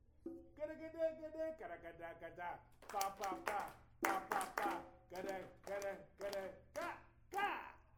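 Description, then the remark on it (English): A voice sings the short rhythmic phrase "badam badam badam pa pa", then hands pat the same pattern on the legs instead of clapping, as practice before playing it on drums, a quick syncopated run of sharp slaps in groups that land crisp and fairly loud. “Now you're gonna do badam badam badam pa pa on your legs instead of clapping.”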